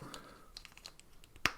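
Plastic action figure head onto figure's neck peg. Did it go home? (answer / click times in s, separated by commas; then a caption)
yes / 1.5 s. A head of the Thing from another toy line is pressed onto the neck peg of a plastic action figure, with faint handling ticks and rustles during a brief fumble. A single sharp snap rings out at 1.5 s as the head seats onto the peg.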